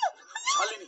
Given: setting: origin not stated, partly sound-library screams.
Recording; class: one-second piece from a danger detection set; woman in danger